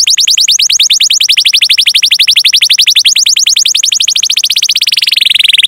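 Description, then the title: Canary song: a steady very fast trill lasting several seconds, sliding lower into a rolling buzz at the end. Gacor (vigorously singing) canary song with the finest cengkok (song phrasing) and richest isian (song fill), for bird-song training. "Kenari Gacor Cengkok Terbaik Isian Paling Mewah Kenari"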